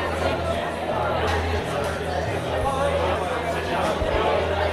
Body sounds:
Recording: background sound without coughing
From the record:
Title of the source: CITY SOUNDS Busy Bar in the Evening Night - 2 HOURS of Ambiance for Relaxation

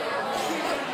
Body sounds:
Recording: coughing mixed with background sound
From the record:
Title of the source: Spring Allergy Coughing

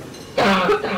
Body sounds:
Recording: coughing mixed with background sound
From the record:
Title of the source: Barking cough - # 10

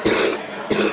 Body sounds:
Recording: coughing mixed with background sound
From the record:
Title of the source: 60 coughing still (deep and wet cough)

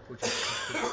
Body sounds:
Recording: coughing mixed with background sound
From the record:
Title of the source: Spring Cold Coughing 2

